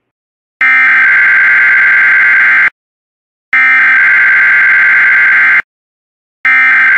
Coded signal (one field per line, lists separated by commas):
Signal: Emergency Alert System (SAME) tones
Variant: header bursts